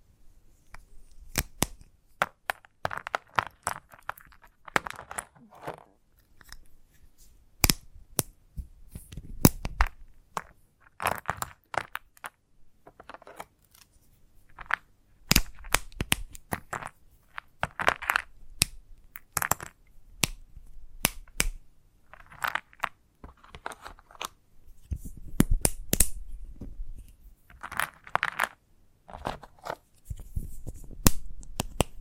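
Chalk taps in sharp, irregular clicks throughout, broken by short bursts of gritty scratching and carving near 3, 10, 17, 22, and 26 seconds.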